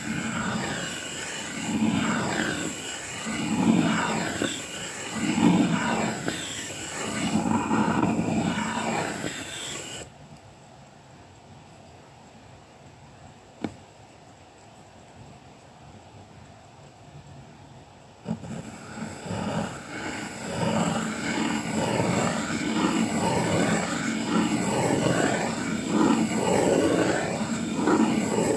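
Colouring pencil strokes and rubbing on paper scratch in a steady rhythm, stop for about eight seconds with a single tap, then resume.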